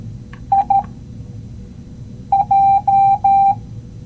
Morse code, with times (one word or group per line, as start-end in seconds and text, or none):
0.5-0.8 I
2.3-3.5 J